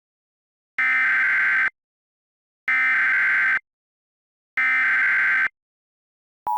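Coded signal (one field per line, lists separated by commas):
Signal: Emergency Alert System (SAME) tones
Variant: header bursts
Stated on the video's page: Fictional EAS scenario, a simulated alert that contains valid SAME tones.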